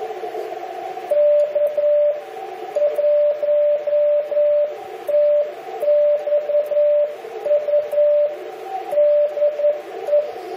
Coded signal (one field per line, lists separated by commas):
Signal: Morse code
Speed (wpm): 11 wpm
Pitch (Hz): 590 Hz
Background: radio noise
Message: K 1TXU DE